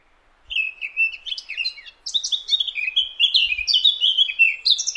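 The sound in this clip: Eurasian blackcap delivering a continuous, quick warble of sweet, fluty notes.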